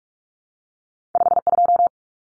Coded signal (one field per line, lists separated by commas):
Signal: Morse code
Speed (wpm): 44 wpm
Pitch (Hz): 700 Hz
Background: none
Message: 52